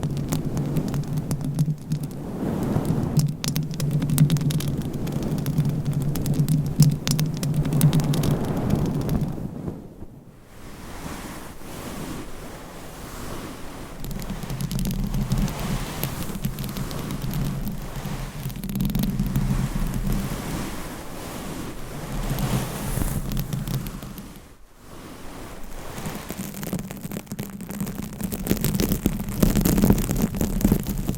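Dense scratching and rubbing on a microphone with a low rumbling roar, swelling in waves with brief near-silent drops around 10 and 25 seconds.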